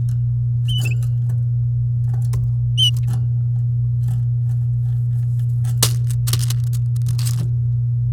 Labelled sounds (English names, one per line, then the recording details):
Domestic Canary song
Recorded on 8 May 2018 at 08:06
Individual llb16